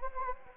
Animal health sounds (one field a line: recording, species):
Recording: mosquito wingbeat signal from an infrared sensor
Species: Anopheles gambiae